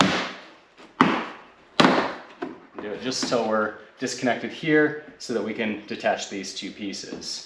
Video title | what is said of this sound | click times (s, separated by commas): 2022 Tundra Chrome Delete - Grille Surround - How to Remove & Reinstall | so just gently pull back at the bottom so you hear a snap work your way up | 0.0 s, 1.0 s, 1.8 s